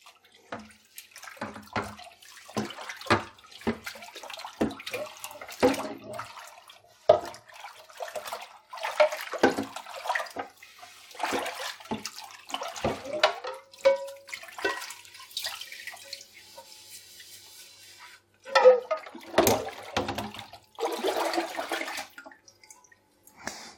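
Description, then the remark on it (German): A pan, the last item of the dishes, is washed under running water, with a steady rush of the tap broken by irregular clatters, scrubbing and splashes as it is handled and rinsed. “Und als allerletztes die Pfanne.”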